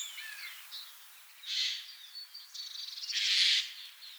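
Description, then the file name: Eurasian jay giving two rough, hoarse screeches, the second longer and louder, with thin whistles before them and a brief buzzy rattle between them. "Garrulus glandarius"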